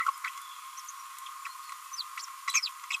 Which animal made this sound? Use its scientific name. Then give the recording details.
Forpus passerinus. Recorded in a nest box in Venezuela. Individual 18B25A5